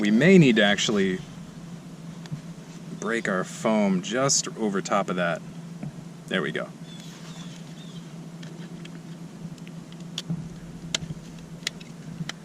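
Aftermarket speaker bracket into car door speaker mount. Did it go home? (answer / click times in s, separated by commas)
no / none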